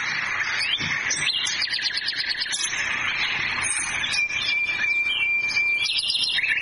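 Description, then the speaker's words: Nightingale song, a rich run of varied chirps, trills and rapid notes with a long steady whistle near the end, continuous throughout. Song played back on a radio programme. "Este cantor nato es el ruiseñor. Mira qué lindo que canta."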